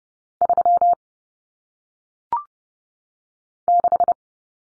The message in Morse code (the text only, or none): 3 6